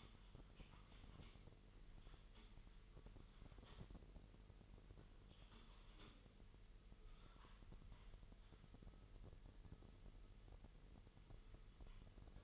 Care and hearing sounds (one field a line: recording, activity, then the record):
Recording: daily activity, microphone in the room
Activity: typing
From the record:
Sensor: 4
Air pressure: 1002.9 hPa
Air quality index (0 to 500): 248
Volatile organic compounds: 19 ppm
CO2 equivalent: 2652 ppm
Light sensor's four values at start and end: 5/12/4/5 and 5/12/4/5